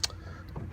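The plastic push-lock clips of a Chevy Equinox door trim panel are pushed into the metal door, giving a loud, sharp snap at 0.0 s and a smaller click at 0.6 s over a low background hum. The clips latch and the panel is seated.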